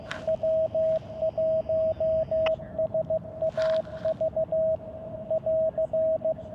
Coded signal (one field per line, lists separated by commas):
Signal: Morse code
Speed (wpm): 15 wpm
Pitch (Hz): 640 Hz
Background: radio noise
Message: W1SAV <AR>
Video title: 20240928 US-3451 Kenneth Hahn State Recreation Area - A Micro Hamvention